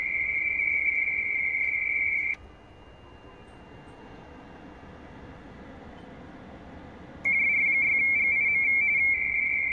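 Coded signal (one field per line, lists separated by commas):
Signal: RTTY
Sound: rapid warbling two-tone teleprinter chatter in two bursts, separated by five seconds of hiss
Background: radio static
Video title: YJΦGC, Vanuatu Is. Pacific Ocean, 18MHz, RTTY, Worked by HL2WA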